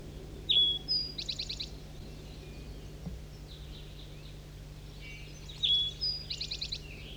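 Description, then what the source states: Red Crossbill calls: two bursts of high, clipped notes given in rapid clusters, separated by several seconds of quiet background hiss. Captive decoy bird calling around 7 a.m. on June 9, 1983, in Poverty Hollow.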